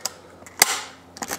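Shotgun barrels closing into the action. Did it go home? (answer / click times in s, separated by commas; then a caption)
yes / 0.6 s. A side-by-side shotgun's barrels are closed and latch into the action, steel on steel, with a sharp, bright click at 0.6 s that rings briefly. Softer taps come before it, at 0.1 s and 0.5 s, and after it, at 1.2 s and 1.3 s. The action snaps shut and seats cleanly with a click that sounds right.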